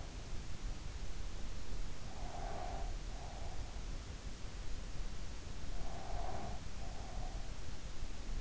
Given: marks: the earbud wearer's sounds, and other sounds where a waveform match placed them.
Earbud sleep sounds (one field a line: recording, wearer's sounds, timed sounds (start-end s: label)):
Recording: sounds in sleep by an in-ear microphone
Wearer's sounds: breath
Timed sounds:
2.09-3.63 s: breath
5.79-7.53 s: breath